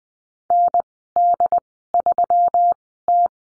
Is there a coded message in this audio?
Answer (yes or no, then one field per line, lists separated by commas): yes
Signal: Morse code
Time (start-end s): 0.5-3.3 s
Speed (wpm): 20 wpm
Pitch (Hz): 700 Hz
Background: none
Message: ND3T